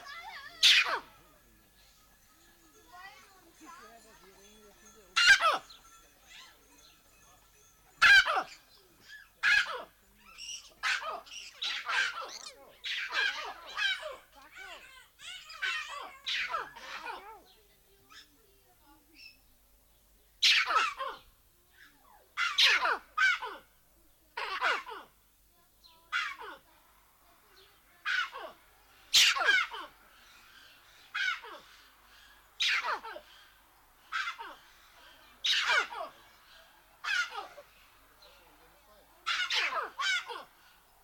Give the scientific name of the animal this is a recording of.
Cercocebus torquatus